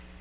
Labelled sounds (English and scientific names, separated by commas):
Magnolia Warbler (Setophaga magnolia) flight call